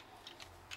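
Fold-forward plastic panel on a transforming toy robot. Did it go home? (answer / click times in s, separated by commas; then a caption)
no / none. A fold-forward plastic panel on a transforming toy robot is handled during its conversion, giving three faint, light ticks near 0.3, 0.4 and 0.7 seconds over a low background hiss. The panel has not clicked into place yet.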